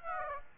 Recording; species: mosquito wingbeat signal from an infrared sensor; Aedes aegypti